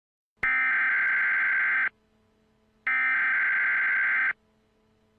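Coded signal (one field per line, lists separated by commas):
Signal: Emergency Alert System (SAME) tones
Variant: header bursts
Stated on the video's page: Fictional EAS scenario with simulated SAME tones.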